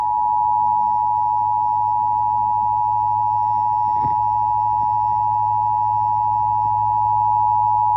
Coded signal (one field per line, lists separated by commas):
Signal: Emergency Alert System (SAME) tones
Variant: 853 and 960 Hz attention tone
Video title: Severe Thunderstorm Warning on 100.3 WVVR-FM (EAS #94) (AUDIO ONLY)